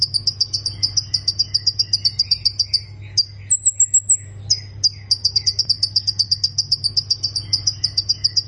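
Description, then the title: Plain prinia giving long, fast, evenly repeated buzzy chips at a very high pitch, interrupted once by a thin higher trill, over a low hum. "Ciblek Sawah"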